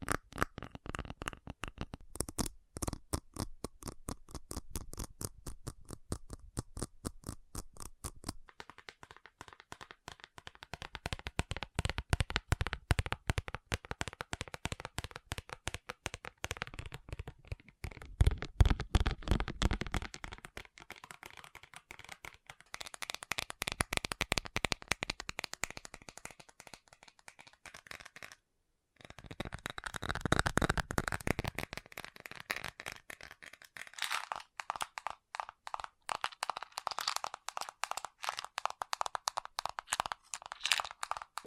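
Rapid, dense tapping runs almost nonstop, shifting in tone and speed between sections, with a brief pause near twenty-nine seconds.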